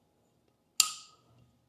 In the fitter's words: There we go. Popped into place.